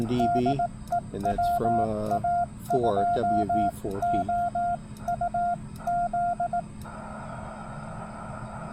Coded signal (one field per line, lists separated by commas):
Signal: Morse code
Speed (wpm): 18 wpm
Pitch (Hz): 700 Hz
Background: speech, radio noise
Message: DE WA2OUZ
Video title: POTA CW and SSB 8/29/24